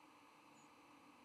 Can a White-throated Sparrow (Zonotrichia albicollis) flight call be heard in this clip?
no